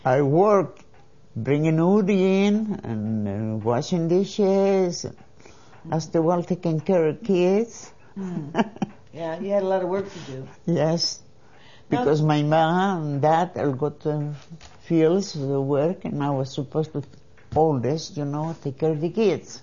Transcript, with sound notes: I worked bringing in, and washing dishes. I used to work taking care of kids. ( she laughs )
Yeah, you had a lot of work to do.
Yes. Because my mom and dad go to the fields and work, and I was supposed to hold this, you know, take care of the kids